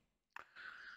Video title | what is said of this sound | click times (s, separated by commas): Leatherman Wave Plus Review In 2024: Is this the BEST all-rounder multitool? | and that you know all these tools lock into place with that same little mechanism | 0.4 s